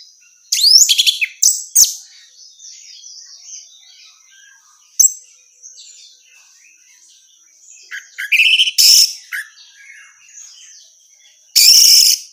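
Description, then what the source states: Orange-headed thrush delivering scattered bursts of sharp chirps and harsh, rasping notes, with quiet gaps between phrases and a thin continuous whine. Female; recording made as a therapy or training sound.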